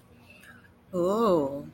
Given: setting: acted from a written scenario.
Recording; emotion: vocal sound without words; desire